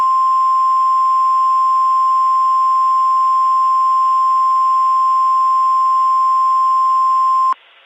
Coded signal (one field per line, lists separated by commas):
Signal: Emergency Alert System (SAME) tones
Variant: 853 and 960 Hz attention tone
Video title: ***VALID TONES*** EAS Mock: Dent County, MO Tornado Warning